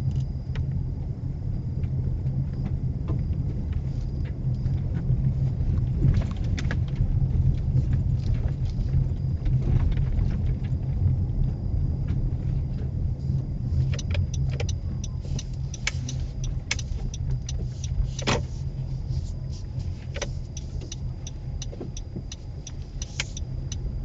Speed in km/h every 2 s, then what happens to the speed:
19, 21, 19, 18, 19, 19, 11, 10, 11, 10, 8, 16.
0-10 steady at about 19. 10-13 slows to 10. 13-19 steady at about 10. 19-24 speeds up to 16.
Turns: 12-16.